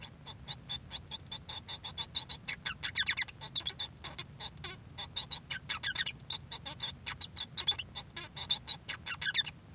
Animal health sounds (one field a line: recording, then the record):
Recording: song of a male Bengalese finch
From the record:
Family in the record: son of father 1